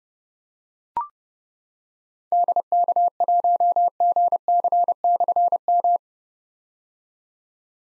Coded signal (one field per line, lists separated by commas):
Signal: Morse code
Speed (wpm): 29 wpm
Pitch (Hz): 700 Hz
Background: none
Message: DK1GC/M